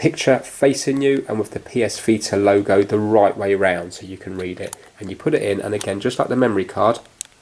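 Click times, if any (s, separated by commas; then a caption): none. A plastic PS Vita game cartridge is handled at the top slot of the handheld console, held with the picture facing out and the PS Vita logo the right way around, while someone talks throughout. Two brief taps come near the end, at about 7.2 s and 7.4 s, but the cartridge has not clicked into place yet.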